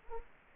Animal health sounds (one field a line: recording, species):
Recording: mosquito wingbeat signal from an infrared sensor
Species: Culex quinquefasciatus